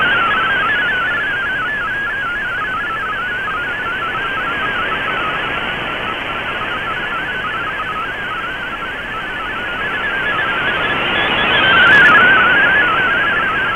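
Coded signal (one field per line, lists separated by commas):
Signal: multi-tone FSK (Olivia or MFSK type)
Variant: MFSK32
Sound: rapid warbling burble of hopping tones around 1.5 kHz over radio hiss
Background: radio static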